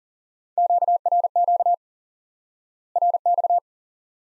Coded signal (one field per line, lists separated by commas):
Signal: Morse code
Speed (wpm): 40 wpm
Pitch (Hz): 700 Hz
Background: none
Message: QRQ RX